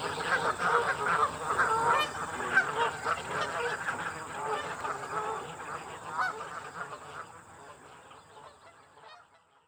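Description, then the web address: Goose flock honking and gabbling together, dense nasal calls at first that thin out and fade toward silence in the final seconds. Geese being fed. "Feeding the Geese. realamericanfolk-2007 Elements"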